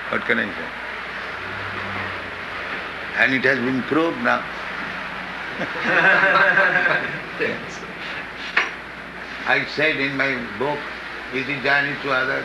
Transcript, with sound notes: What can I say? And it has been proved now. [laughter] I said in my book, Easy Journey to Other...,